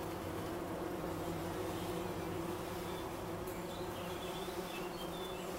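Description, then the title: Bumblebee drone, low and continuous with faint harmonics. Wülfel, Hannover, Germany. "Wülfel, Hannover, Deutschland - Hummelgebrumm"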